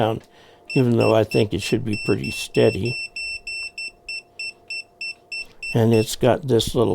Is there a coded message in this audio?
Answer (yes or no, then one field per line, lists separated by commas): no